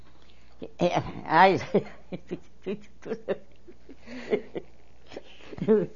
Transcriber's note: she laughs